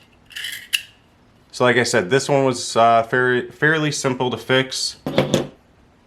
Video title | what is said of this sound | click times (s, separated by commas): S&W 9mm - Magazine and Slide Release Fix | but all you gotta do is slide that until it clicks and you're good to go so | 0.8 s